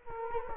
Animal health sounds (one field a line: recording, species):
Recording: mosquito wingbeat signal from an infrared sensor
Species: Culex quinquefasciatus